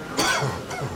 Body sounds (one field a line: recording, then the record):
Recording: coughing mixed with background sound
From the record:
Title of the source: Dry Coughing Fit in the Afternoon.